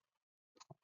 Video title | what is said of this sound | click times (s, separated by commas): Using Multi Gas Meters Psychomotor Lesson | to the meter you can hear it snap into place | 0.6 s, 0.7 s